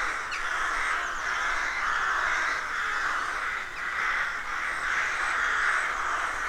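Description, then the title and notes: Rook: unbroken wall of harsh rook cawing from many birds at once, fairly even in loudness throughout. Rook colony of more than 300 birds nesting in a dozen roadside trees, deeply rural County Armagh, early spring; pairs greeting, squabbling with neighbours as first chicks hatch. "Sound Escape 113: Enjoy the stirring cacophony of a rook colony. We wandering in deeply rural County Armagh. It's early spring and the rooks rule the woodlands. BBC Countryfile Magazine's Sound Escapes"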